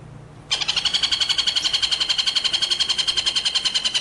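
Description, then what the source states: White-rumped shama giving a fast, sustained rolling trill on one steady pitch that begins abruptly and runs without a break. Masteran training track for white-rumped shama, with full rolling (ngerol) and shooting (nembak) song styles.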